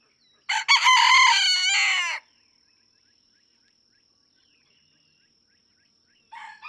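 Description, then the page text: Red junglefowl (chicken): rooster crowing, one loud harmonic-rich cock-a-doodle-doo lasting under two seconds, then near silence until another crow begins at the end; a steady high tone runs throughout. Several domestic roosters (chickens) in a barnyard, each crowing differently, just outside Mammoth Cave National Park, Kentucky, USA, June 2, 2010; illustrates that each individual has its own song. "Birdsong for the Curious Naturalist Red junglefowl (chicken) No two roosters crow alike in this Kentucky barnyard. June 2, 2010. Just outside Mammoth Cave National Park, Kentucky."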